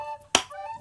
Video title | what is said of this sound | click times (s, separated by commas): review kocokan telur elektrik l mixer adonan roti l pengaduk adonan kue cosmos CM1279 l inova melisa | Sampai bunyi klik ya. | 0.4 s